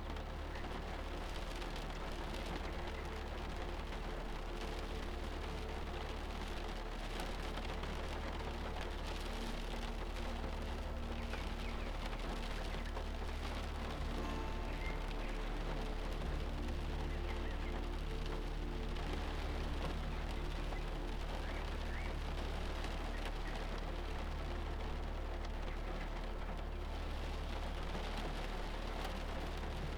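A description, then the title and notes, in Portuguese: Rain falls steadily through a storm, a dense, even patter with scattered brighter drips and taps throughout. A constant low hum runs underneath the whole time, and the level stays nearly unchanged from start to finish. Protegido de uma tempestade.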